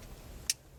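A wiring harness connector is pressed home with two fingers onto the last ignition coil on one side of a 2003 Tundra during a spark plug change. A single loud, sharp click sounds at 0.5 s over a low background rumble, and the connector is seated.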